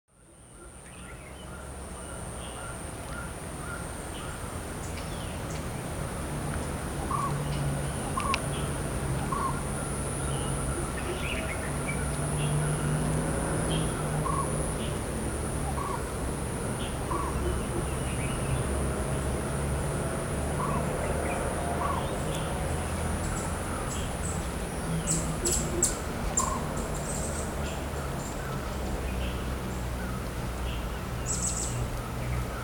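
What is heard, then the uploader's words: Village ambience in Thailand or Sri Lanka: a steady, dense bed of low rumble and murmur runs throughout, with a high insect-like whine held on top. Scattered bird calls and short chirps pop up every few seconds, a brighter cluster around 25 seconds. Villages, forests, rivers and communities of Thailand and Sri Lanka.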